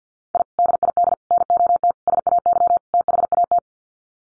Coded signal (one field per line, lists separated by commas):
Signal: Morse code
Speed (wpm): 50 wpm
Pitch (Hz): 700 Hz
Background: none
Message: I DID NOT SAY THAT